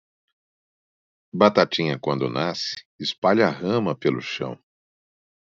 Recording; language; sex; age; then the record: short text; Brazilian Portuguese; male; 40 to 49 years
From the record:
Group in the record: control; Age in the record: 43 years